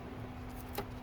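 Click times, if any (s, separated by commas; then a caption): none. A plastic electrical connector is handled as it is pushed toward the battery current sensor on the battery terminal of a 2013 Ford Fiesta, part of fixing a wiper fault caused by a battery current sensor problem. A low steady hum runs throughout, with a brief handling knock at about 0.8 s. Nothing has seated or clicked yet.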